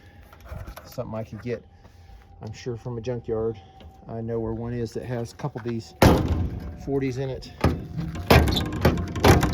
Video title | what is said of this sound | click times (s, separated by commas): FJ55 Toyota Land Cruiser Build - Part 2 | That door shuts good. Panel gaps are okay, but it's not latching. | none